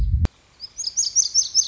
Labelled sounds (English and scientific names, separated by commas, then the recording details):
Lazuli Bunting (Passerina amoena)
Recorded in Sonoma County, California